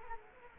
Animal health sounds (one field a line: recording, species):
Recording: mosquito wingbeat signal from an infrared sensor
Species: Culex quinquefasciatus